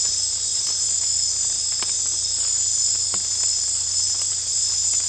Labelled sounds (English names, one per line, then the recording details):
none
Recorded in secondary vegetation near Puerto Asís, Putumayo, Colombia, on 22 December 2024 at 20:00
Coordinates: 0.484, -76.319
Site GP06